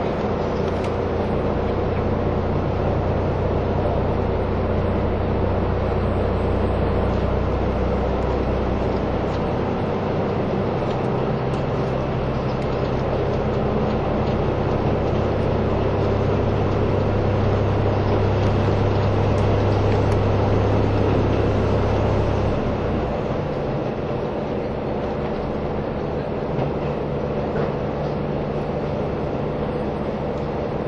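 The onboard sound of the Kiha 183 series "Aso Boy" train between Kumamoto and Miyaji, a steady low diesel rumble under dense rolling noise. The engine drone shifts pitch around 10 seconds, swells near 16 to 22 seconds, then drops back.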